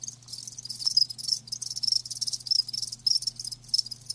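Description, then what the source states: Cricket chorus with shrill, rapidly pulsed chirps in bursts, set against a faint constant low hum. Live crickets chirping, a lulling song.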